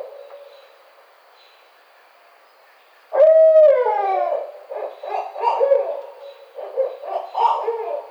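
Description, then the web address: Barred owl calling: after three quiet seconds a loud drawn-out hoot slurs downward, then a run of rough, excited hooting notes in uneven bursts. Recorded on 25 May 2009. "Barred Owl 2009 05 25"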